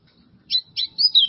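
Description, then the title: White-throated seedeater song: a few short high slurred notes in quick succession, with quiet background. "Canto Do Golinha"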